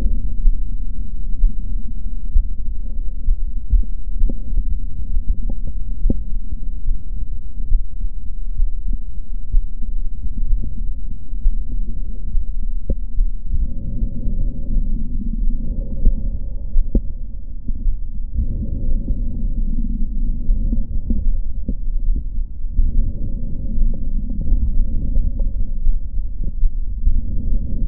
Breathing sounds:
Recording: lung sounds by stethoscope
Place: left posterior apical chest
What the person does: quiet breathing, then deep breathing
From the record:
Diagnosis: none (healthy)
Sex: male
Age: 30 years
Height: 190 cm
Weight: 88 kg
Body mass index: 24.4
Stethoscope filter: diaphragm mode

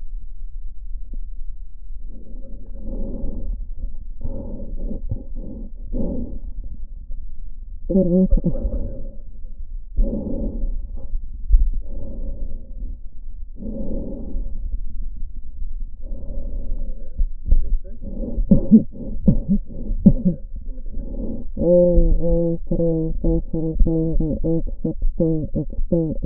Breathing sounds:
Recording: lung sounds by stethoscope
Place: left posterior basal chest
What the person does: quiet breathing, then cough and speech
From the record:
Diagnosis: interstitial lung disease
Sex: female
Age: 72 years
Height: 158 cm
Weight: 69 kg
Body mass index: 27.6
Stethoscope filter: diaphragm mode

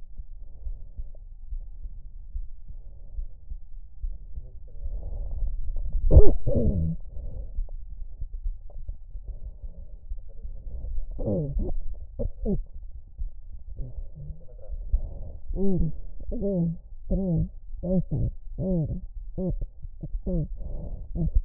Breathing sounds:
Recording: lung sounds by stethoscope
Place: right anterior apical chest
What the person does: quiet breathing, then cough and speech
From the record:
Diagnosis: interstitial lung disease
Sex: female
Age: 72 years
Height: 153 cm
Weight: 71 kg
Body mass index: 30.3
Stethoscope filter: extended mode

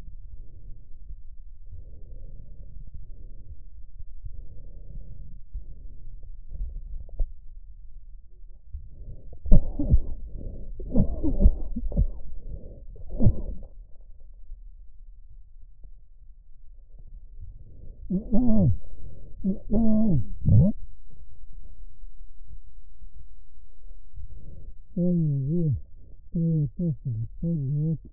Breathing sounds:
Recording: lung sounds by stethoscope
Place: left posterior apical chest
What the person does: quiet breathing, then cough and speech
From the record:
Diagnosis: COPD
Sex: male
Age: 75 years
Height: 182 cm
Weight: 98 kg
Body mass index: 29.6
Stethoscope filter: extended mode

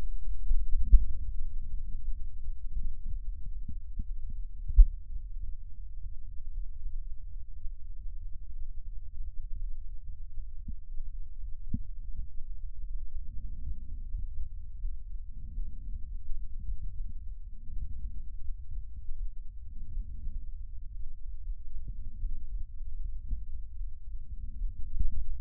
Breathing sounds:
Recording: lung sounds by stethoscope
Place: right posterior basal chest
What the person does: quiet breathing, then deep breathing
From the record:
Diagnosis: none (healthy)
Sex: male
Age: 29 years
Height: 180 cm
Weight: 100 kg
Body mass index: 30.9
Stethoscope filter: bell mode

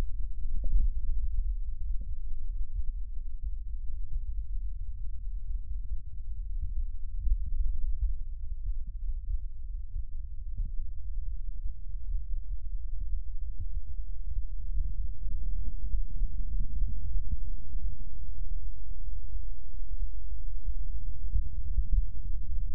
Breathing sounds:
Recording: lung sounds by stethoscope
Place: left posterior apical chest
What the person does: quiet breathing, then deep breathing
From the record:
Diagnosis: none (healthy)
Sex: male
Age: 23 years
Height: 185 cm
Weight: 93 kg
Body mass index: 27.2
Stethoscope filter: bell mode

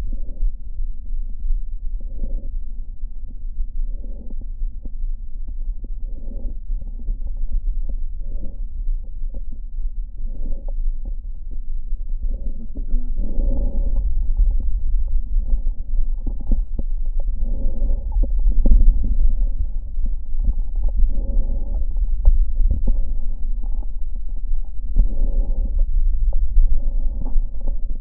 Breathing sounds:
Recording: lung sounds by stethoscope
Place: right posterior basal chest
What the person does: quiet breathing, then deep breathing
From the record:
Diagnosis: COPD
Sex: female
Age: 68 years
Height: 150 cm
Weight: 70 kg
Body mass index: 31.1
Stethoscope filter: diaphragm mode

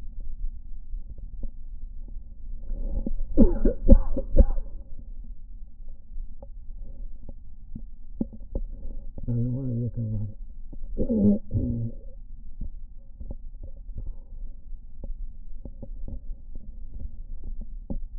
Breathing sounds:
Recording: lung sounds by stethoscope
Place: right anterior apical chest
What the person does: quiet breathing, then cough and speech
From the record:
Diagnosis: interstitial lung disease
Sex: male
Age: 66 years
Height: 172 cm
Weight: 107.6 kg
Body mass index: 36.4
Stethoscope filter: diaphragm mode

